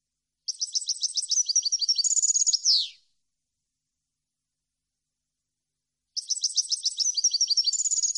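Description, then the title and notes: European goldfinch song: two fast, high, liquid twittering phrases separated by a few seconds of silence, the first ending in a sharply falling slurred note. Clean goldfinch song compiled on a CD, meant to be copied. "Cd Jilguero. Cd de canto de jilguero limpio para copia"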